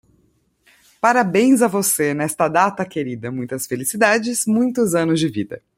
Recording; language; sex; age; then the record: short text; Brazilian Portuguese; female; 30 to 39 years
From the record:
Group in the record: control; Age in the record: 39 years